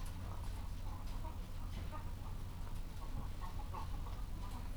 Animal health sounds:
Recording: poultry house recording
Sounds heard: sick chickens (respiratory disease)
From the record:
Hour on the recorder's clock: 14

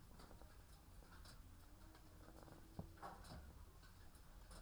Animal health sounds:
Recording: poultry house recording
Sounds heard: sick chickens (respiratory disease)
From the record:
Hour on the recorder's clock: 13

